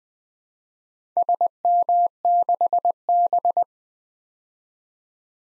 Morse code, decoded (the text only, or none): SM6B